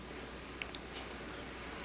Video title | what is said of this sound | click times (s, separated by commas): Cuisinart How to use your Food Processor VHS RIP | You'll feel and hear it click into place. | 0.6 s